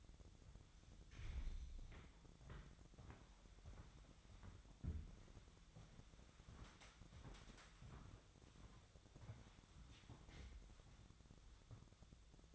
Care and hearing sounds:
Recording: daily activity, microphone in the room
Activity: walk to room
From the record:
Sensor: 3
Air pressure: 1000.0 hPa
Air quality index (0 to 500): 122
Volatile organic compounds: 2 ppm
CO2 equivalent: 1101 ppm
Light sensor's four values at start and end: 38/93/41/45 and 38/92/40/44

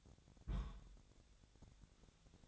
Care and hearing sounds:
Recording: daily activity, microphone in the room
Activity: place on stove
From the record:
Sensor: 3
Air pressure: 999.4 hPa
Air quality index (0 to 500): 196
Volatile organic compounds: 43 ppm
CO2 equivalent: 3199 ppm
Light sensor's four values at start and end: 7/18/7/7 and 7/18/7/7

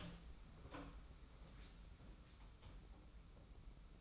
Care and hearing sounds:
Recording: daily activity, microphone in the room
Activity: open door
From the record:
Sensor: 1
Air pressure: 991.6 hPa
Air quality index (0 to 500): 132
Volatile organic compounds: 455 ppm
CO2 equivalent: 4757 ppm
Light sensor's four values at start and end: 36/114/45/46 and 35/114/45/46

